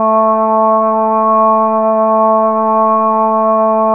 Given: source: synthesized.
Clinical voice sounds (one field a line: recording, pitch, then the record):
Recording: sustained vowel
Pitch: 220 Hz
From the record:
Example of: Parkinson's disease